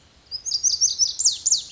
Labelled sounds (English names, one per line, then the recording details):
Lazuli Bunting
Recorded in Sonoma County, California